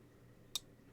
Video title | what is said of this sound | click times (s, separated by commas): Surprising Affordable EDC Knife Hits ALL The Right Spots - Knife Unboxing | you can see it and hear it kind of click in there | 0.6 s